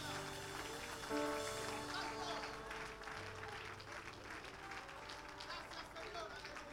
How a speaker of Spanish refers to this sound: Señor Jesús, fuerte, fuerte ese aplauso de alabanza al Señor.